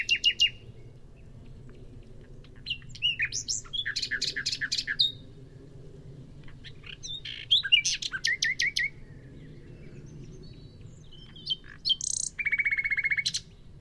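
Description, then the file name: Common nightingale singing in separate phrases of sharp clicks, chirps and rapid repeated notes, with quiet pauses between. "Luscinia megarhynchos"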